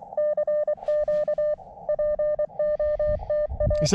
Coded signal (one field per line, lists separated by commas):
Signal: Morse code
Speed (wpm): 23 wpm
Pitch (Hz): 590 Hz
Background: speech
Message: CQ POTA